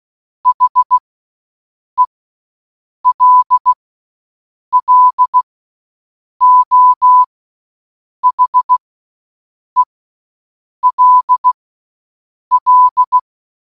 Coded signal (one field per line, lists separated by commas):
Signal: Morse code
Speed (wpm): 16 wpm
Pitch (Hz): 1000 Hz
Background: none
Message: HELLO HELL